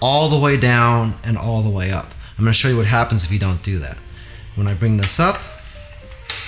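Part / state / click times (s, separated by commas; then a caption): sharpener lever in knife block sharpener / seated / 6.3 s. Someone talks while raising the sharpener lever on a Ninja Foodi NeverDull knife block sharpener all the way up to the top of its travel. The internal mechanism gives a short, sharp click at the end stop at 6.3 s, confirming the lever has seated.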